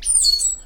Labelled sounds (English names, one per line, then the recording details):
Stitchbird song
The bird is a male
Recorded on Tiritiri Matangi Island, New Zealand, in 2005
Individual 10, of nest box 12